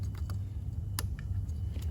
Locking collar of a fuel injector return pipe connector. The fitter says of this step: until it clicks again, lock back into place.